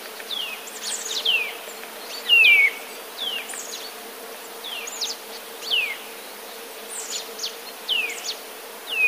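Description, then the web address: Eurasian nuthatch: clear descending whistled notes given singly every second or so, with faint high chirps and background hiss. "wroblowe kowalik kowalikispiew"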